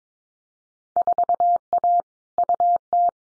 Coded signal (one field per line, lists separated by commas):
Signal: Morse code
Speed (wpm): 22 wpm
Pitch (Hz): 700 Hz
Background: none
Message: 4A UT